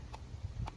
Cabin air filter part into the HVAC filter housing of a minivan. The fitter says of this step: until it clicks in like that